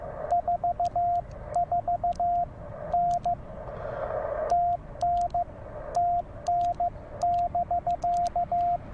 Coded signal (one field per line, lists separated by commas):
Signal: Morse code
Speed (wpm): 15 wpm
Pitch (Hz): 690 Hz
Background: radio noise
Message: 44N TN TN <BK>